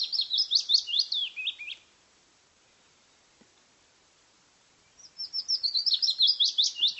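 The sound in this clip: Bird delivering fast twittering bursts of high, zigzagging notes that drop toward the end, two bursts separated by a quiet gap of about three seconds.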